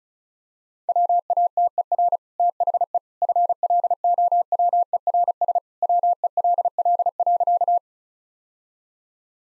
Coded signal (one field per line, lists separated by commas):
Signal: Morse code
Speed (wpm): 36 wpm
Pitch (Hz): 700 Hz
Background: none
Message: WATER THE FLOWERS WELL.